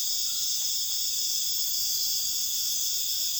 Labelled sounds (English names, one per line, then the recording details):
none
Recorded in dense forest near Puerto Asís, Putumayo, Colombia, on 9 March 2025 at 03:00
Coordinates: 0.481, -76.323
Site G088